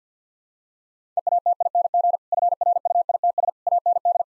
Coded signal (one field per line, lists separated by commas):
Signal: Morse code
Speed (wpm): 50 wpm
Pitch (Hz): 700 Hz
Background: none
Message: EATING FRUITS AND